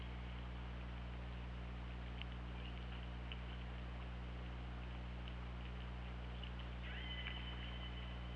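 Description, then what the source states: Killer whale call: a single bending, harmonic-rich squeal near the end, after a stretch of faint clicking, over constant low hum. Recorded on the OrcaLab hydrophone, 24 August 2017, at 20:58.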